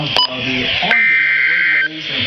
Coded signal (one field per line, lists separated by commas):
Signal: Emergency Alert System (SAME) tones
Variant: header bursts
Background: speech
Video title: EAS Alert #73 - Severe Thunderstorm Warning #9 6/8/11